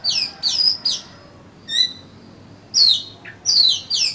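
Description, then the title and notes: Oriental magpie-robin delivering rich falling whistles in quick triplets, a brief pure note in the middle, then strong descending slurs. "suara kacer. kumpulan suara burung kacer"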